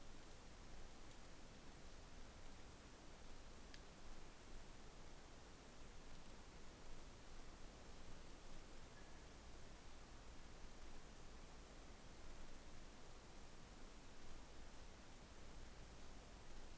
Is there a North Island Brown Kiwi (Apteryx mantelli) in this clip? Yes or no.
no